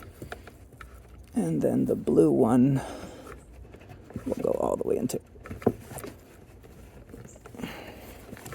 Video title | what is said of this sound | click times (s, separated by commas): 2016 - 2025 Mazda MX5 Miata ND2 RF MX5Things Roof Controller Installation & Demo! | neither of these clicked but | none